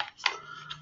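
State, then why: Seated. A plastic microphone attachment is slid onto the side of an over-ear Bose QC35 headphone earcup until it clicks firmly into place. Sharp clicks are heard at 0.0 and 0.3 seconds, followed by lighter plastic ticks. The attachment seats firmly on the earcup.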